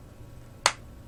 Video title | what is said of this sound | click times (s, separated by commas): Ultra Bright LED lantern | the batteries and it snaps in you can hear it there | 0.7 s